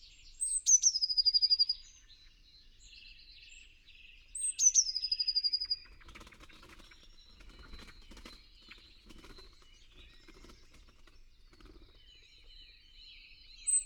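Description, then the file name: Eurasian blue tit delivering two high notes each running into a quick trill, followed by faint twittering and scattered clicking noises. "Cyanistes caeruleus"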